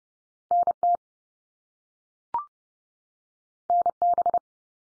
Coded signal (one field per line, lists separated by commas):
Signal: Morse code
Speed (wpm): 30 wpm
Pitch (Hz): 700 Hz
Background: none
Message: NT NB